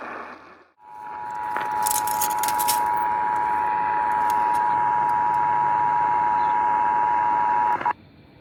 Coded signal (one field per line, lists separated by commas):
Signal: Emergency Alert System (SAME) tones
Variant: 853 and 960 Hz attention tone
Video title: Cleaning Up the Backlog... EAS Alerts From 8/9/2022 to 10/12/2022 (EAS #1359 - 1420)